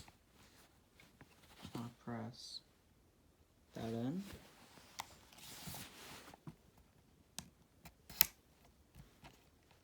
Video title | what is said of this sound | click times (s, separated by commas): [NEW]How To Disassemble and Reassemble an AR-15 22 Caliber M&P Smith And Weston [UPDTATED] | whenever you hear that click that means you know it's good | 8.2 s